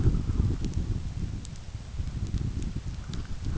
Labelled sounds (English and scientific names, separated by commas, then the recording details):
none
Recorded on Arctic tundra, site UTQI-5, on 29 June 2018
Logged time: 16:00